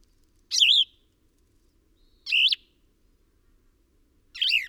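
Bird singing three short twisting chirps spaced roughly two seconds apart, each a quick high warble dropping then rising, with silence between.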